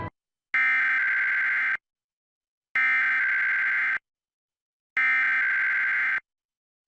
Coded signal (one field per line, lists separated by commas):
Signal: Emergency Alert System (SAME) tones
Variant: header bursts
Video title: EAS Alerts from 1/15-1/19 [EAS #163-181]